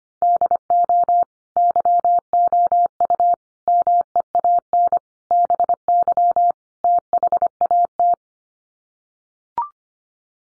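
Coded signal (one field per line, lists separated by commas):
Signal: Morse code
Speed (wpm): 25 wpm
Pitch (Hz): 700 Hz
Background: none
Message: DO YOU MEAN BY THAT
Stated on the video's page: Morse word-group drill of five-word English n-grams at 25 wpm for head-copy practice.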